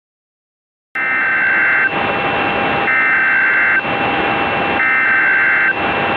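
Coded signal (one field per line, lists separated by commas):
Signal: Emergency Alert System (SAME) tones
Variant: header bursts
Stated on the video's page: Simulated EAS scenario alert for a fictional Santa Clara volcano.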